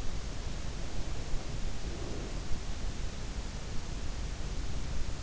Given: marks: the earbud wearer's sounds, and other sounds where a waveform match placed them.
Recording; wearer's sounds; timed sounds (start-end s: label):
sounds in sleep by an in-ear microphone; breath
0.61-2.56 s: breath